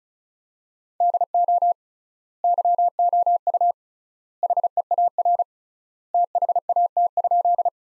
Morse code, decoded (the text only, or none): DO YOU HEAR THAT?